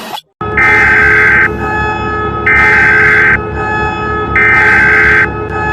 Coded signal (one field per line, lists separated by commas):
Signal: Emergency Alert System (SAME) tones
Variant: header bursts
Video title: oceania EAS alarms